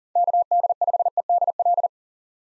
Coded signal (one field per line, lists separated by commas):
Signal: Morse code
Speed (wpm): 37 wpm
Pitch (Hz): 700 Hz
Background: none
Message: KD5EDL